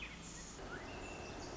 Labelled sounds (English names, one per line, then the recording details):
Pacific Wren
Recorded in Sonoma County, California